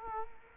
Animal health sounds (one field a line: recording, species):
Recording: mosquito wingbeat signal from an infrared sensor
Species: Culex quinquefasciatus